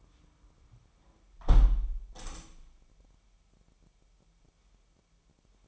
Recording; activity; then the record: daily activity, microphone in the room; close window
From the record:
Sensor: 1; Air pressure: 998.2 hPa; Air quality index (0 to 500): 140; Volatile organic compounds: 4 ppm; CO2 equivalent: 1682 ppm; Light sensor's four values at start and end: 16/53/21/21 and 16/54/21/22